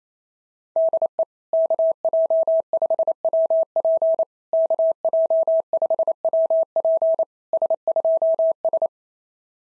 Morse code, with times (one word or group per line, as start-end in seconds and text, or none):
0.8-1.2 DE
1.5-4.2 KJ5WP
4.5-7.2 KJ5WP
7.5-8.9 S2S